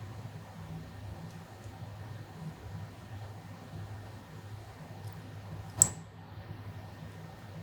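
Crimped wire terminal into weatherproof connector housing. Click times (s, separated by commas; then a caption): 5.8 s. A crimped wire terminal is pushed through the rubber weather-pack seal into a weatherproof connector housing, part of a bike-side ECU flash kit being installed on a Kawasaki Ninja 400. Over a steady low hum, a single sharp click sounds at 5.8 s as the terminal seats. It comes all the way through, confirming the terminal is seated.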